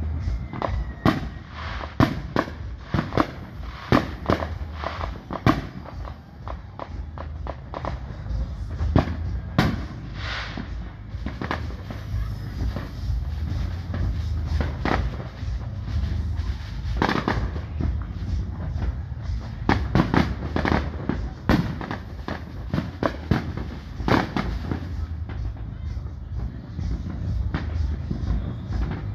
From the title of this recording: Sounds of 4th of July